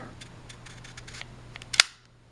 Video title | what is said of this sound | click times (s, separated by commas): Beretta 92S mag to M9 & 92FS conversion. | and it clicks back in once the magazine's into place | 1.8 s